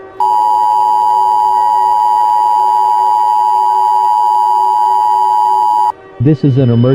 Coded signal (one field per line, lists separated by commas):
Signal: Emergency Alert System (SAME) tones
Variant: 853 and 960 Hz attention tone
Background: speech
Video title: Lunar Insanity: A Mini EAS Scenario